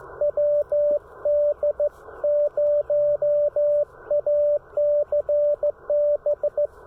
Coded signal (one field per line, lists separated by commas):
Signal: Morse code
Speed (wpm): 17 wpm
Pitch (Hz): 600 Hz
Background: radio noise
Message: WD0ACB